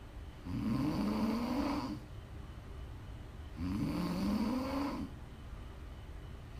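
Prime ASMR snoring from an adult woman asleep: repeated low, rumbling snores about 20 a minute, each lasting roughly one and a half seconds, with quieter breathing between them. It is offered as snoring to relax, wind down or fall asleep to.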